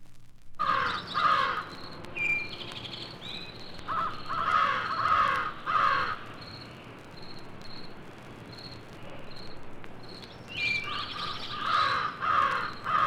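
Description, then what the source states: Crows cawing in harsh bursts of several calls, pausing and resuming, with thin higher notes repeating behind. Recorded together with other birds.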